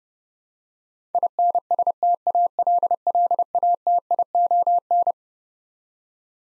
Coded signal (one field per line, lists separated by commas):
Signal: Morse code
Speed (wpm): 30 wpm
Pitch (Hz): 700 Hz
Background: none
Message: INSTALLATION